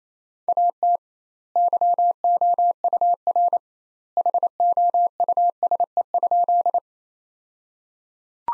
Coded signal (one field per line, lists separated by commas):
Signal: Morse code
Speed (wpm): 28 wpm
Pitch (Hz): 700 Hz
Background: none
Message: AT YOUR HOUSE?